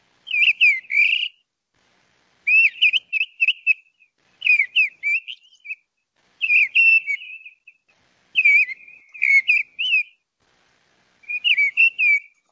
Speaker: Sorsal Charlo, canto del macho.